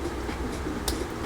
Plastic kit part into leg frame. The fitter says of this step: there we go snaps in okay just like that